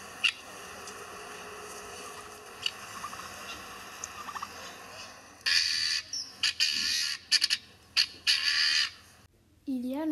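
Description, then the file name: Helmeted guineafowl: loud, harsh cackling bursts after a quieter start with faint chatter, ending with a short wavering cry. At dawn. "la pintade de l aube"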